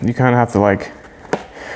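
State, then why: Released. A plastic binocular strap clip is worked out of the chest harness attachment on an ALPS OutdoorZ RMEF bino harness holding Tasco 10x42 binoculars; it is a little hard to unclick and has to be maneuvered a bit. Someone talks, then a single sharp click at 1.3 s marks the clip coming free and releasing.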